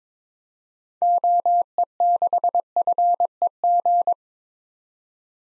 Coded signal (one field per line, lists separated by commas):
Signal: Morse code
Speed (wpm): 22 wpm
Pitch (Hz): 700 Hz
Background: none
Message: OE6FEG